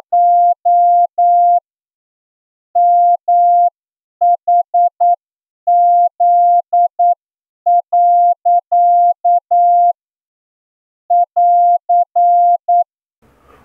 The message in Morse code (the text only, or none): O MHZ. <AR>